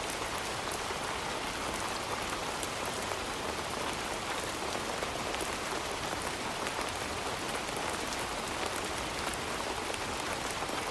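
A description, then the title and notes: Summer rain falls steadily and heavily, a dense, even hiss that holds unchanged for the whole stretch. Countless drops patter on a surface, with faint brighter ticks scattered throughout and a soft low rumble underneath. Relaxing Summer Rain Sounds.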